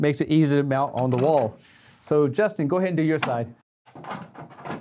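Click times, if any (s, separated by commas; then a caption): none. A heavy stand foot is being handled and pushed toward the bottom of a Sony X90K television while someone talks. Some low handling noise is heard toward the end, but the foot has not snapped into place yet.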